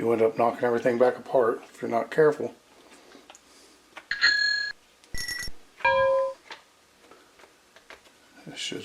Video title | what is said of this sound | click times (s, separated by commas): Stihl MS 192 TC is a difference you need to see | should snap right in place. Just like that. | 4.1 s